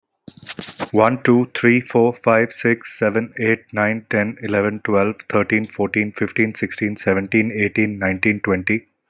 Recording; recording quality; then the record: counting at a fast pace; excellent, no background noise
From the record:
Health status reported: healthy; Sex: male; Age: 29 years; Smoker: yes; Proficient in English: yes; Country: India